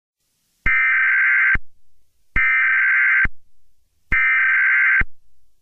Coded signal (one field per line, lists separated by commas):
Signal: Emergency Alert System (SAME) tones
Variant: header bursts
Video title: EAS Scenerio - Sinkhole 2014